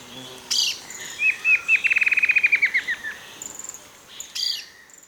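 A bird gives a quick chirp, then a long fast trill of steady repeated notes that fades out, and finally another sharp high chirp.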